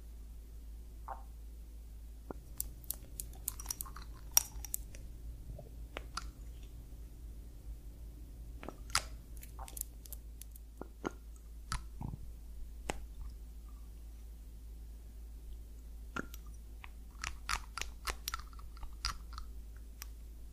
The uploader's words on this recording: ASMR Scalp Massage of Your Dreams.